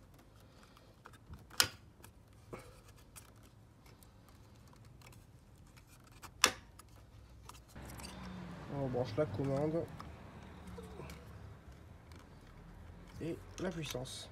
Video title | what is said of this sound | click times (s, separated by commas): Dépannage et Remise en service - Chauffage Webasto | Alors, c'est tout bête, il se clipse. | 1.6 s, 6.4 s